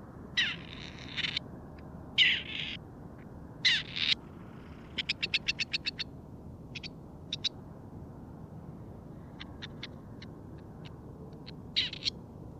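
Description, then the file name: Grey partridge giving harsh, grating rasps in short bursts, mixed with rapid series of dry clicking notes, over a steady low rumbling background noise. "Rapphona"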